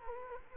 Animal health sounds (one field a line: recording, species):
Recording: mosquito wingbeat signal from an infrared sensor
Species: Culex quinquefasciatus